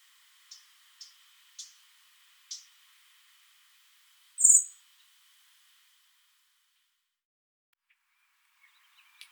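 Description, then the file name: Common blackbird giving four sharp clicking chink notes, then a single loud, thin, high seee call, and a few faint ticks near the end. "Turdus merula"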